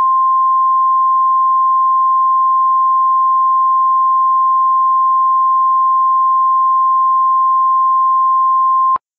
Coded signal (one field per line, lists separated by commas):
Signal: Emergency Alert System (SAME) tones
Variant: 1050 Hz attention tone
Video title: *VALID TONES* Hurricane Jerry: Great Lakes Monster - REMASTERED EDITION